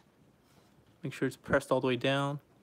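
Someone handles a folding plastic panel on the other side of a transforming robot figure, pressing it down into the body. Someone talks from about 1.0 to 2.4 seconds over a quiet background. Nothing has seated or clicked yet.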